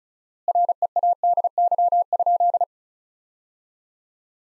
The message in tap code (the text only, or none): none